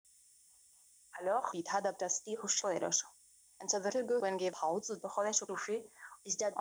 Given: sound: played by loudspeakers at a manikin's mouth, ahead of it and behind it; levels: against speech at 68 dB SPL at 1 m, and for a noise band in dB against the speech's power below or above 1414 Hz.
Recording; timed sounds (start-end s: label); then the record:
test signals for a remote microphone
1.11-6.61 s: speech test signal (ISTS)
From the record:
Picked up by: remote microphone B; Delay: 24 ms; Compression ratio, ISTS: 1.85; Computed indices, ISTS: SII 0.995, HASPI 0.987, HASQI 0.342 (non-linear 0.414, linear 0.827), ESTOI 0.825